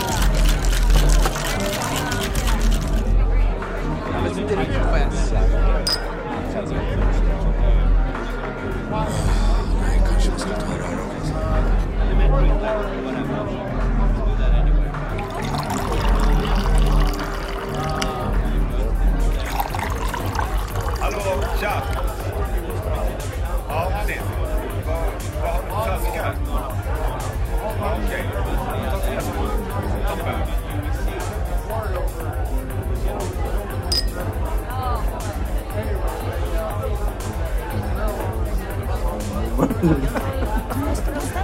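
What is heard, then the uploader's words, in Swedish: Murmuring bar sound: many overlapping voices blend into a dense, steady babble for the whole time, with no single speaker standing out. Occasional sharp clinks cut through, especially early on, over a constant low rumble beneath the chatter. Baren. En timme sorlande barljud.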